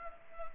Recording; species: mosquito wingbeat signal from an infrared sensor; Culex pipiens